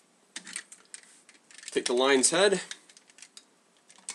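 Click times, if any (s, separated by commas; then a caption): 0.4 s, 0.9 s. The plastic arms of a toy Megazord robot are folded back into the torso, clicking into place at 0.4 s and 0.9 s amid other small plastic clicks and rattles. Someone talks in the middle of the clip.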